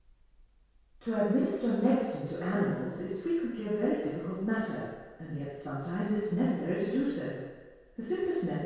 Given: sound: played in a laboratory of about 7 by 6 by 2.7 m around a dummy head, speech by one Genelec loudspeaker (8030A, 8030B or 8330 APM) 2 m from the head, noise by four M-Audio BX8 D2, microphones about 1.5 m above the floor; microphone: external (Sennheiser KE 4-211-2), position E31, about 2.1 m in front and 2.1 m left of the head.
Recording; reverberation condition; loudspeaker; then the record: female speech in English; high; 30 degrees to the left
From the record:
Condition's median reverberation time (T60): about 1300 ms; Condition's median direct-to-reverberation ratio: about -4.0 dB